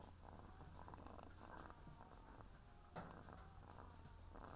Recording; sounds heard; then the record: poultry house recording; sick chickens (respiratory disease)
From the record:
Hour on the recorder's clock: 17